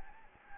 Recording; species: mosquito wingbeat signal from an infrared sensor; Anopheles gambiae